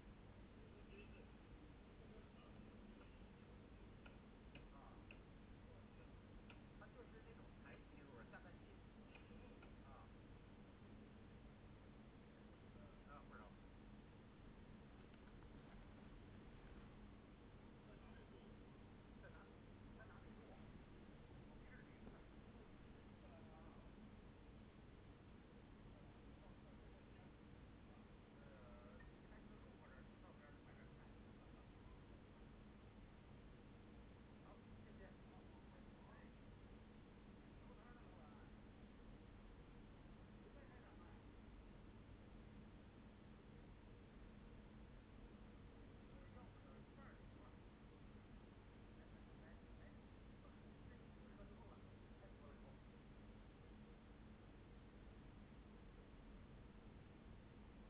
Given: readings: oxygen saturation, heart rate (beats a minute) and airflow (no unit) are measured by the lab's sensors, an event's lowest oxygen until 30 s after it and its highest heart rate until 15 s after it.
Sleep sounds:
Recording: a person awake in a sleep study, by a voice recorder at the bedside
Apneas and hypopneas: none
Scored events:
0.00-57.90 s: awake
From the record:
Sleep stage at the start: awake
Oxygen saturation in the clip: 95 to 96%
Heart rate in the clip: 67 to 75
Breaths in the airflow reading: 11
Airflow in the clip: -5.7 to 6.2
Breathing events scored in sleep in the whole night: 131 in 7.2 hours asleep

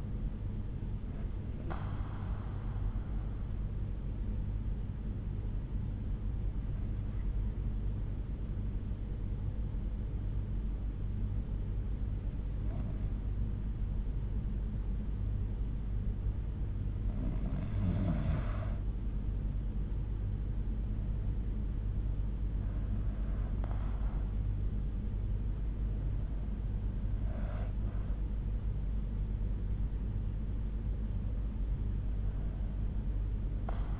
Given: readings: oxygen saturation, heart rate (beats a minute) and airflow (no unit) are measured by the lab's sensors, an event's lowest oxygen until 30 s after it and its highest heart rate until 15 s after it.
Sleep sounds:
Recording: breathing in sleep by a smartphone at the bedside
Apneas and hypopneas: 1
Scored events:
4.00-23.50 s: hypopnea (N1, oxygen 96% highest, then 91% lowest, heart rate 69 at the start, 70 highest)
8.00-34.00 s: new sleep stage, N2 (light sleep)
From the record:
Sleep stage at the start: N1 (lightest sleep)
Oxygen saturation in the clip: 92 to 96%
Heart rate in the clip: 60 to 70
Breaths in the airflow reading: 7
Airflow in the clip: -8.9 to 7.2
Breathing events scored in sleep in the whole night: 368 in 8.0 hours asleep

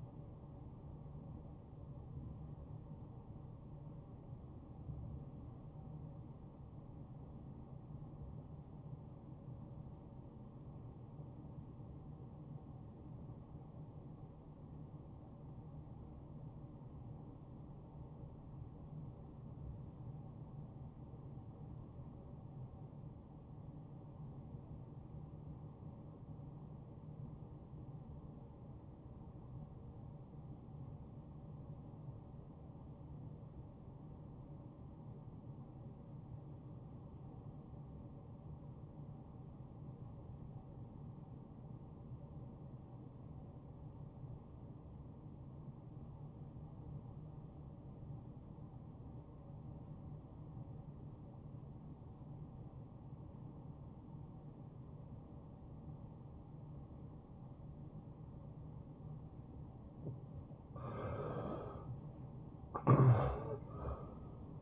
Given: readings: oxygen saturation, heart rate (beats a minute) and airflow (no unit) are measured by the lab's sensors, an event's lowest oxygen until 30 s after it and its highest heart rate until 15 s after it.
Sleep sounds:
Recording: breathing in sleep by a smartphone at the bedside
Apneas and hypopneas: 1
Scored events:
3.00-60.30 s: obstructive apnea (REM, oxygen 94% highest, then 69% lowest, heart rate 74 at the start, 90 highest)
From the record:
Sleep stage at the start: REM sleep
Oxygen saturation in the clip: 76 to 95%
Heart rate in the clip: 46 to 74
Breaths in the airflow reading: 2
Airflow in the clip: -12.6 to 6.1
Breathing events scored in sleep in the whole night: 263 in 5.5 hours asleep

